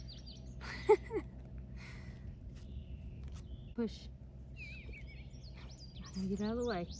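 A plastic irrigation pipe fitting is pushed by hand into its coupling during a repair while someone talks and birds chirp in the background, with a few faint taps. The fitting is still being handled, and nothing has seated or clicked yet.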